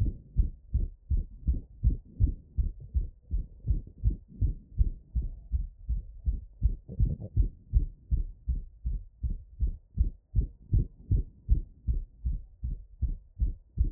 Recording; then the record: heart sounds by stethoscope after running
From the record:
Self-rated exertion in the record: vigorous exertion (4 of 6); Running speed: 10 mph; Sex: male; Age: 20 years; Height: 188 cm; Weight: 84 kg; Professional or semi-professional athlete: no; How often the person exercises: over 5 times a week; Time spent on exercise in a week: over 5 hours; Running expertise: yes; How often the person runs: 3 to 5 times a week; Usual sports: soccer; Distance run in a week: 17 km